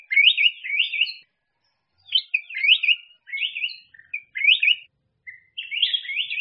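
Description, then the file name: Bulbul singing repeated rising, slurred two-part phrases in a warbling series, with a short break early on. "Tieng chao mao vang"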